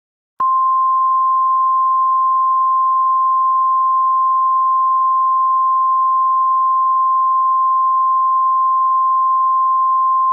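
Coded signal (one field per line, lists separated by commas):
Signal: Emergency Alert System (SAME) tones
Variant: 1050 Hz attention tone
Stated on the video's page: Fictional EAS scenario with simulated alert tones.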